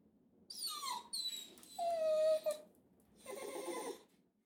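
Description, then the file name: Dog whining: two high whimpers, then a long steady whine, ending in a breathy, noisy moan. "Dog Whining Short"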